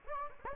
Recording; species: mosquito wingbeat signal from an infrared sensor; Anopheles gambiae